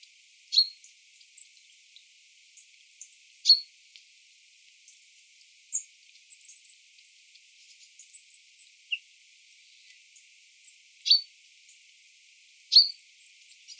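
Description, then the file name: Common chaffinch calls as brief, sharp high notes at irregular gaps of a few seconds, among scattered faint clicks and soft chips. "Fringilla coelebs"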